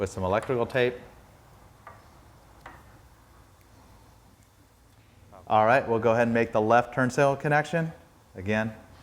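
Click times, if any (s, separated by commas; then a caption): none. Someone talks while handling the left LED turn signal wiring plug from a Euro Style LED turn signal kit as it is brought to its mating plastic connector on the harness of a 2015 Vespa GTS scooter. Faint ticks of handling sound around 1.9 and 2.7 seconds fall in a quiet pause between the talking. Nothing has seated or clicked yet.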